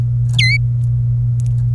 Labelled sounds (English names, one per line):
Domestic Canary song